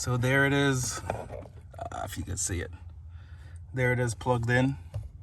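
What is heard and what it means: A plastic trailer brake controller module with both wiring plugs connected is handled near its dash mounting bracket on a 2022 Ram 1500 Limited, while someone talks over faint handling noises. Nothing has seated or clicked yet; the clip ends before the module is pushed home into the bracket.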